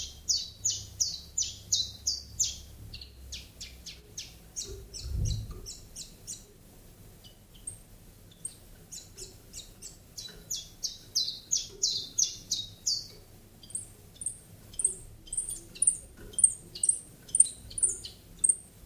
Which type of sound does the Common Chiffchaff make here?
song